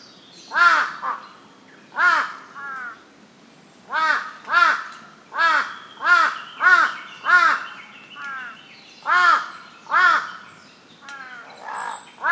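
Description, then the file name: Large-billed crow uttering a long run of loud, rough caws, singly and in pairs or triplets, with short pauses between bursts. "hasibutogarasu"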